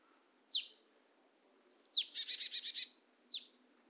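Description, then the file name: Marsh tit call: a single sharp high downslurred note, then a similar note followed by a rapid buzzy series of several notes and a final downslurred note. "Poecile palustris"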